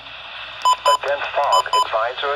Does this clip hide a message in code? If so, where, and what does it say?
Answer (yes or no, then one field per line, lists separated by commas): no